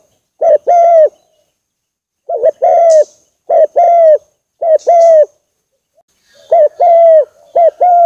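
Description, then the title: Bird cooing in clipped double notes, each slightly rising then falling, given in short bursts separated by pauses of about half a second to just over a second. Used for training songbirds. "Master Burung Jos"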